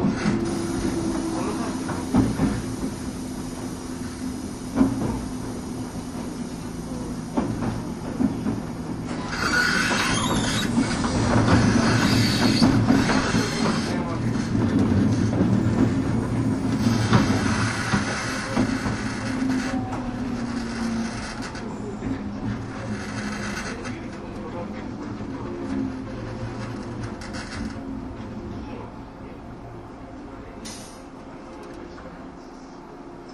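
A Bantan Line train runs with a steady low rumble and hum, rattling louder from about 9 to 20 seconds, then easing and quieting near the end.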